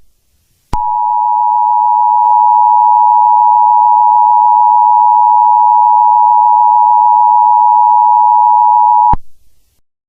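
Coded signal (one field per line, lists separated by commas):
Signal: Emergency Alert System (SAME) tones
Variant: 853 and 960 Hz attention tone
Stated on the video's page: Fictional EAS scenario.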